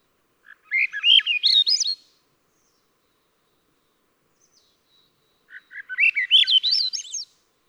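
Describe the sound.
Swainson's thrush song: two phrases of flute-like whistles spiralling upward in pitch, separated by a few seconds of silence.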